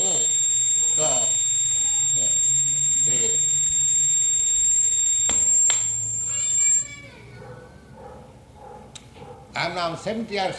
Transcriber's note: problems with microphone